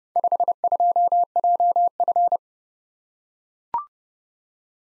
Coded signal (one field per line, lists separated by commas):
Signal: Morse code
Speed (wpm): 31 wpm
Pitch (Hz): 700 Hz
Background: none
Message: 52JF